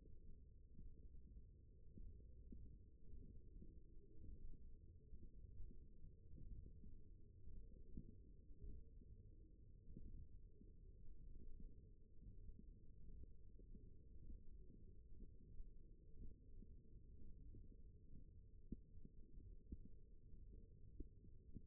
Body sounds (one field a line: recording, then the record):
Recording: forearm muscle sounds (acoustic myography)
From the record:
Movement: index flexion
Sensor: system 1, eight BSWA MPA416 microphones around the upper forearm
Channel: 4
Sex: female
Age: 21 years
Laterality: right